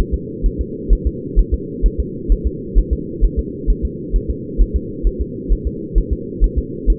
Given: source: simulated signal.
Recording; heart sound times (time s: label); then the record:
fetal heart sounds
0.14 s: S2
0.46 s: S1
0.61 s: S2
0.93 s: S1
1.07 s: S2
1.39 s: S1
1.54 s: S2
1.86 s: S1
2.00 s: S2
2.32 s: S1
2.47 s: S2
2.78 s: S1
2.93 s: S2
3.24 s: S1
3.39 s: S2
3.70 s: S1
3.85 s: S2
4.16 s: S1
4.30 s: S2
4.61 s: S1
4.76 s: S2
5.07 s: S1
5.21 s: S2
5.52 s: S1
5.67 s: S2
5.98 s: S1
6.13 s: S2
6.44 s: S1
6.58 s: S2
6.90 s: S1
From the record:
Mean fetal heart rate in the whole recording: 130 bpm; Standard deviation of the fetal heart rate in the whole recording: 2 bpm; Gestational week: 36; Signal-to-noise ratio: -4.1 dB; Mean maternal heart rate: no maternal heart sound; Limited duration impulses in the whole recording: absent